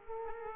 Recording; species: mosquito wingbeat signal from an infrared sensor; Culex pipiens